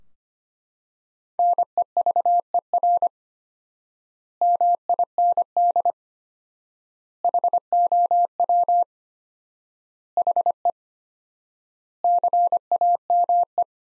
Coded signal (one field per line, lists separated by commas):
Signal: Morse code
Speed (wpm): 25 wpm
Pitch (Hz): 700 Hz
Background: none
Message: NEVER MIND HOW HE CAME